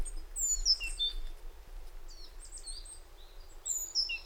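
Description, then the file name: Great tit calling high, sliding whistled phrases at the start and end, with fainter notes between, over a noticeable background hiss. "Parus major"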